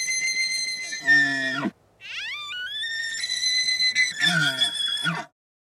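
Elk bugling: a high, pure whistle sliding down into low tones, then a rising squeal held high before breaking into harsh, descending grunting notes.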